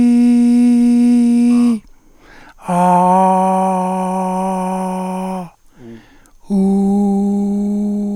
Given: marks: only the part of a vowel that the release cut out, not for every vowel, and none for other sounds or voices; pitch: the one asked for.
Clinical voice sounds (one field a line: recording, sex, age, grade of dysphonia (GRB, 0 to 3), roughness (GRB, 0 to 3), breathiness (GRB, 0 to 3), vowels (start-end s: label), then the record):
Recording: sustained vowels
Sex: male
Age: 60 to 69 years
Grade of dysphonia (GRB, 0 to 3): 3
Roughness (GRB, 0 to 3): 2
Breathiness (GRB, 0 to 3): 3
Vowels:
0.00-1.33 s: vowel /i/, normal pitch
3.04-3.89 s: vowel /a/, normal pitch
6.71-8.01 s: vowel /u/, normal pitch
From the record:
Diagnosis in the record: cordectomy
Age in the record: 67 years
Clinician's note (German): Zustand danach, links, schönes Narbenstimmband mit phonatorischem Stillstand